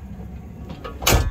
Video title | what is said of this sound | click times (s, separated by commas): FOR SALE: Entegra Aspire Class A Diesel Pusher Motorhome - 42DEQ - 2019 | that lock into place, of course. | 1.1 s